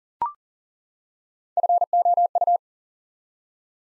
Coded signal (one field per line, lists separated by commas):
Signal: Morse code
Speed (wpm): 39 wpm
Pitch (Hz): 700 Hz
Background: none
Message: FOU